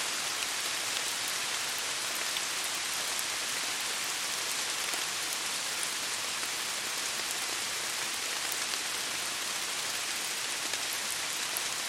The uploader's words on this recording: Pure sound of rain in the forest. It's a myriad individual raindrops hitting a variety of surfaces.